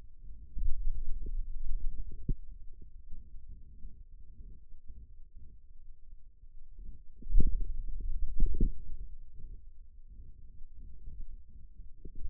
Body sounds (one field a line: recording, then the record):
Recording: forearm muscle sounds (acoustic myography)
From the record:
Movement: finger pinch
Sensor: system 2, bracelet of six BSWA MPA416 microphones around the upper forearm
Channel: 1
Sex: male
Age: 22 years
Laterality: right